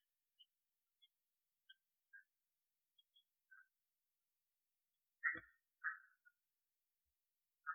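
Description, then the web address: Red-eyed tree frog calls: brief clucking chacks, mostly faint and scattered, then a louder pair past the middle and another at the end, with one soft low thump. "phyllomedusidae Agalychnis-callidryas"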